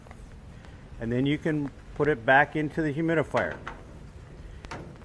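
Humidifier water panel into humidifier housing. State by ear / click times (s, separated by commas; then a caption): seated / 4.7 s. A humidifier water panel assembly with its water distribution tray is pushed back into the humidifier housing while someone talks. It snaps into place with sharp clicks at 4.6 s and 4.7 s, and the panel is seated.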